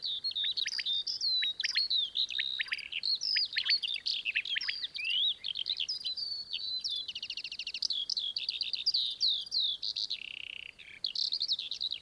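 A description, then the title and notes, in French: Skylarks pour out a continuous, bright, fast-warbling song with rapid trills around the seventh second, dense, over a quiet background. Plateau de Lesches en diois - Nagra seven - mkh8020. Encore ce matin un magnifique chorus d'oiseaux au lever du jour.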